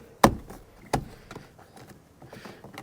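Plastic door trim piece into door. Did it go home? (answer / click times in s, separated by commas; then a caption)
yes / 0.2 s. A plastic trim piece is pressed back into a Ford Ranger's door after fitting San Hima towing mirrors, snapping in with a sharp click at 0.2 s. A softer knock follows at 0.9 s, then a few faint taps. The trim piece is seated and the job is done.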